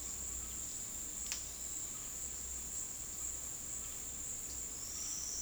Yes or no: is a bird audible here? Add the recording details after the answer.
no. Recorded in secondary vegetation near Puerto Asís, Putumayo, Colombia, on 20 February 2024 at 14:30. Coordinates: 0.468, -76.324. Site G6381